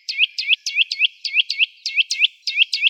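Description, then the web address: Eurasian nuthatch calling: a quick run of sharp whistled notes, each dipping then hooking upward, in loose pairs. "Sitta europaea"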